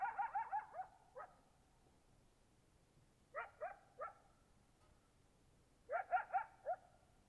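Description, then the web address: Coyote yips in rapid clusters, repeated in several bursts with quiet gaps between. Coyotes recorded in Oregon in 2015. "GDC 2018-Game Audio Bundle Discover Oregon - Coyotes Coyotes 2015. Sutton Close Coyote"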